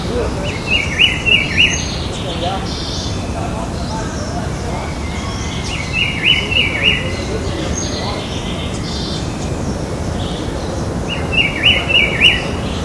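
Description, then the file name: Rufous-browed peppershrike repeating a quick, warbled phrase of several slurred whistled notes about every five seconds, with faint higher chirps from other birds and low rumbling background noise. Recorded in Butantã, São Paulo, Brazil, on 28 September 2013. "Cyclarhis-gujanensis-Int Butantan SP-BR-28-9-13-ASilveira"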